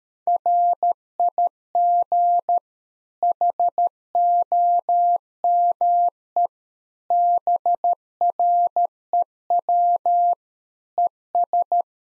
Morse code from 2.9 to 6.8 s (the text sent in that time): HOME